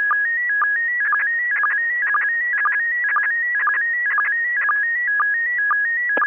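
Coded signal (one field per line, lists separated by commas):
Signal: SSTV (slow-scan television)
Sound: steady warbling tones shifting between two pitches, interrupted by short low chirps twice a second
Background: faint radio static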